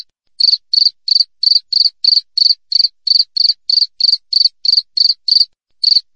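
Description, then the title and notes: Cricket giving rapid, evenly spaced high chirps, roughly three each second, broken by two short gaps; clean background otherwise. Natural wild cricket sound, clear with tightly spaced chirps, used as a master recording for training songbirds and for repelling rats. "Masteran Jangkrik Alam Jernih, Jeda Rapat Cocok Untuk Masteran Burung Dan Mengusir Tikus. suara jangkrik"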